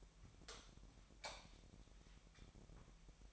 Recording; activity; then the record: daily activity, microphone in the room; light off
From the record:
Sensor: 1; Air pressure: 1012.0 hPa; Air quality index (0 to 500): 234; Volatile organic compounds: 6 ppm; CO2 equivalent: 1860 ppm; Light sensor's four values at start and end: 16/44/17/19 and 12/29/12/14